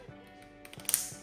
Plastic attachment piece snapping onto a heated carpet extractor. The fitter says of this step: And then the side. And you're going to hear snap.